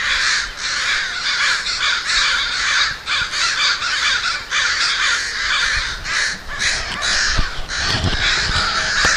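A flock of crows calling nonstop, with rough, grating caws layered thickly over one another and a few brief dull knocks near the end.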